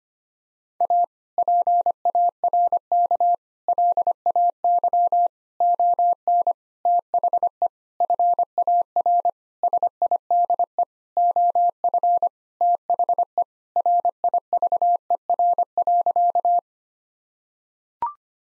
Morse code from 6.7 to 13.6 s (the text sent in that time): THE FAR SIDE OF THE